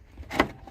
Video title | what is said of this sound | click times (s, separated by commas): How to change a turn signal light on a dodge ram 2500 pick up truck | snaps into place | 0.4 s